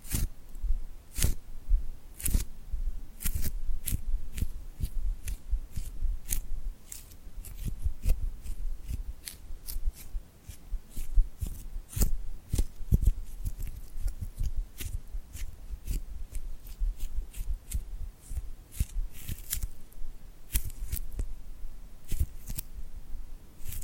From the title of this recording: Tingly Glued Hand Sounds